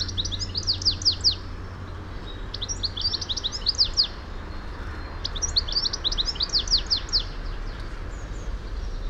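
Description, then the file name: European goldfinch calls in three quick bursts of rapid, high, downslurred twittering notes, each burst one to two seconds long and spaced about a second apart, over a low hum. "Carduelis carduelis"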